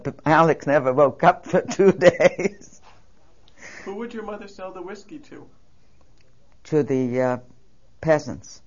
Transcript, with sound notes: But alex never woke up for two days. (She laughs.)
Who would your mother sell the whiskey to?
To the, uh, peasants.